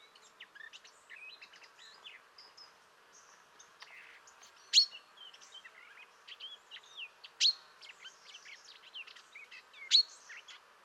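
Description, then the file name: Common chaffinch calling: sharp, clipped notes that drop in pitch, repeated every few seconds and standing out above a dense chorus of assorted chirping birds. "Fringilla coelebs"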